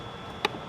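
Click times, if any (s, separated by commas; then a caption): 0.4 s. An included rubber tube seal is pressed by hand into the opening of the plastic airbox of a JLT cold air intake for a 2022-2026 CT5-V Blackwing. Against a quiet, steady background, a single sharp click sounds at 0.5 s as the seal snaps in and seats in the airbox.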